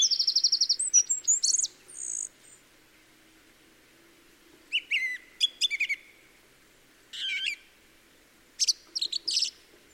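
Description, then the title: Song thrush song: a rapid rattled trill, then short clear phrases separated by pauses, some of them repeated in quick succession. Recorded in the Peak District during lockdown; the source calls it the longest unbroken song ever heard by a thrush. "Thrush and wren, Peak District"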